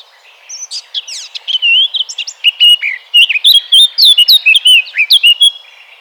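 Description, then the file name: Eurasian blackcap delivering a lively warble of slurred whistles and chips, soft at first, then loud and rich. "Sylvia atricapilla 180115"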